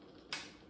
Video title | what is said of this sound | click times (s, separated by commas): Instant Pot Meal Prep | I just heard it click down and I'm gonna check, yeah, it's ready. | 0.3 s